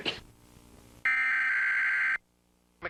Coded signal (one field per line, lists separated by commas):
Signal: Emergency Alert System (SAME) tones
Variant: header bursts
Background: speech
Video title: eas alarm